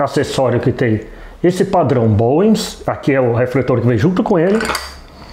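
Someone talks throughout while handling the included metal/plastic reflector for a Colbor CL60 video light, bringing it toward the light's front mount. The clip ends before the reflector goes home; nothing has seated or clicked yet.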